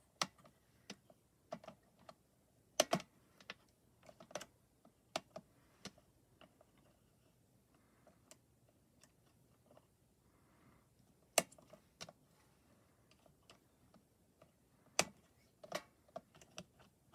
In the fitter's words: But then once you have them out and you got everything labeled, you can hear them snap right back in.